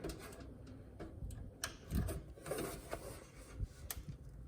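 A 24-pin ATX power connector is pushed into a motherboard header, with sharp clicks at 1.6 s and 3.9 s over a background of faint rustling and handling noise. The connector clicks but is not fully seated. No one talks in the clip.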